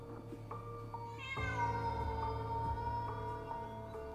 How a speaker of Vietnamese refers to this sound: Tiếng mèo kêu ở đâu đây văng vẳng. Có lẽ là con mèo đen lúc nãy. Sau khi nhảy qua xác của con Hoài, nó đã trốn vào bên trong bãi ngô mất.